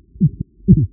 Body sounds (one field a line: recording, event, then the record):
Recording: neck accelerometer signal played as sound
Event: voluntary cough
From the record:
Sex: male